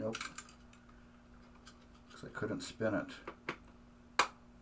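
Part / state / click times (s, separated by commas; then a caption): clip onto a pinball under-playfield mechanism / seated / 4.2 s. A clip, likely, is pushed onto an under-playfield mechanism during a rebuild of a 1962 Williams Vagabond pinball machine. Someone talks over faint clicks and handling sounds, then a sharp, loud snap rings out at 4.2 s. The clip is seated on the mechanism.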